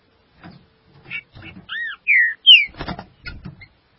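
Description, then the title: Green-winged saltator song: three or four short, loud whistled notes, arched then sliding downward, with clicks and knocks before and after. "Trinca Ferro"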